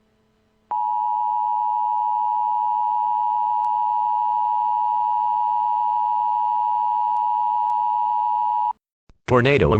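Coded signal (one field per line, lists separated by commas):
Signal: Emergency Alert System (SAME) tones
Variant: 853 and 960 Hz attention tone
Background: speech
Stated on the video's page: Mock EAS alert recreating a real tornado emergency issued by the National Weather Service.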